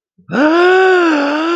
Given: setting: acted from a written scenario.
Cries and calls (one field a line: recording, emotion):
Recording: vocal sound without words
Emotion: elation